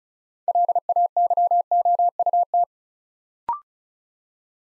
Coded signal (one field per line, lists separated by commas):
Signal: Morse code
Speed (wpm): 36 wpm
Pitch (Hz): 700 Hz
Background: none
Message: LAYOUT